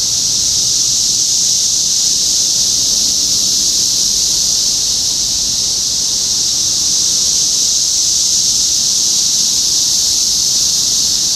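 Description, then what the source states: Cicadas droning together, an unbroken sizzling buzz at a constant level from start to finish. Recorded in Topeka, Kansas, on 14 June 2015.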